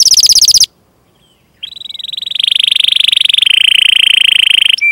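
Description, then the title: Canary song: a burst of fast high notes, a pause, then a long buzzy trill that swells louder before ending in a brief whistled note. Gacor (vigorous singing) canary with cengkok (melodic turns) and isian (varied fill phrases), for bird-song training. "Kenari Gacor Cengkok Isian Kenarigacor Kicaumania Kenari"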